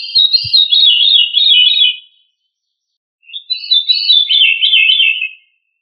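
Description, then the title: Thrush singing two long, fluid warbling phrases of rapid looping notes, with a short pause between them and a faint low thump at the start. "Familia Turdidae - Sabia"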